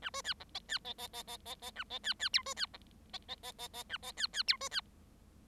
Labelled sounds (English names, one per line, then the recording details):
Bengalese Finch song
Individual Bird7